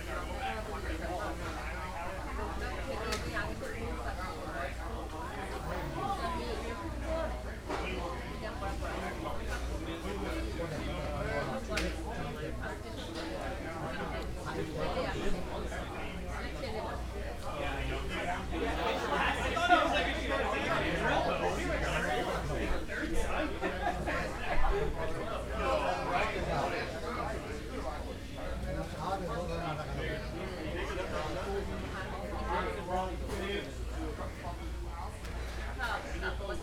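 Lunch at a busy market: a steady, dense murmur of many overlapping voices, swelling louder around twenty seconds, over a constant low hum.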